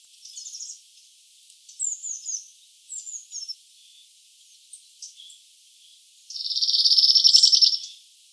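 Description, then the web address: Cirl bunting: thin, high, short notes scattered over six seconds, then a loud, fast, dry rattling trill lasting about one and a half seconds. "emberiza cirlus call"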